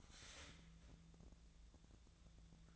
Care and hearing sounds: daily activity, microphone in the room; start toaster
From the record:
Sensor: 3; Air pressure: 1009.2 hPa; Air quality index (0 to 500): 198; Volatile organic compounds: 16 ppm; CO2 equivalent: 2560 ppm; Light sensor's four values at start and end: 32/79/33/35 and 31/79/33/35

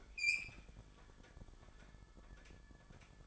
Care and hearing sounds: daily activity, microphone in the room; open fridge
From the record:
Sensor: 5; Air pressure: 1007.9 hPa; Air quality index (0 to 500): 96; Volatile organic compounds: 1 ppm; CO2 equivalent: 752 ppm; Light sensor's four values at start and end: 44/101/42/45 and 46/105/44/47

